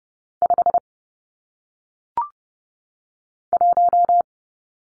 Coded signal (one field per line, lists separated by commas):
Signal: Morse code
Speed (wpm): 30 wpm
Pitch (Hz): 700 Hz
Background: none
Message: 5 1